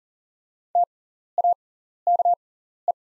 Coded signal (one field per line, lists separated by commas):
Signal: Morse code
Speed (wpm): 40 wpm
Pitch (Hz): 700 Hz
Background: none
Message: TAKE